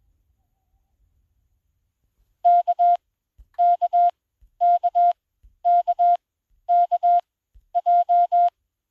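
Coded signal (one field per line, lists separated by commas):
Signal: Morse code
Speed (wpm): 21 wpm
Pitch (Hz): 700 Hz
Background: none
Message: KKKKKJ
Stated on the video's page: 20 WPM Morse generated by an Android Koch-method trainer app for smartphones and tablets.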